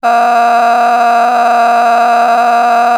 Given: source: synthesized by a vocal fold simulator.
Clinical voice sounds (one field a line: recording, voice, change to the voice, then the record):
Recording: sustained vowel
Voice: female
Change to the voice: a random mix of aspiration noise, stiffness perturbation and strain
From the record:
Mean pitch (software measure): 237 Hz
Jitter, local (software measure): 1.85%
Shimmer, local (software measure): 11.1%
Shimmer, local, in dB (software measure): 1.00 dB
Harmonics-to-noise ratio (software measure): 12.8 dB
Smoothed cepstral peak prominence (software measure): 14.1 dB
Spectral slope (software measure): -18.0 dB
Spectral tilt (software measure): -9.6 dB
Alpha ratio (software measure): -8.5 dB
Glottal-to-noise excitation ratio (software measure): 0.921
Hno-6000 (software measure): 1.9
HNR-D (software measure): 34.6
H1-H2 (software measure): -2.3 dB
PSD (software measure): 9.6e-05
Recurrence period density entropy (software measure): 0.118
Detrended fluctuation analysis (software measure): 0.0122